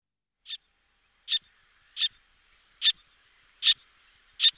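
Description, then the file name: Little tern gives six sharp, harsh single notes, about one every 0.8 seconds, against a quiet background. "sterna albifrons"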